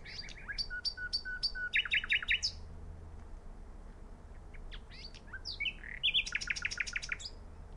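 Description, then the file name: Common nightingale song: pure whistles, then rapid repeated chirps and fast rattling notes, a pause, then another burst of quick clicking and trilled notes. "Luscinia megarhynchos"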